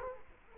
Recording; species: mosquito wingbeat signal from an infrared sensor; Culex quinquefasciatus